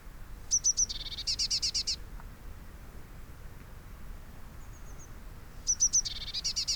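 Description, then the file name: Eurasian blue tit calling: a few thin high notes followed by a fast buzzy churring trill, the phrase given twice with a quiet pause between. "Cyanistes caeruleus"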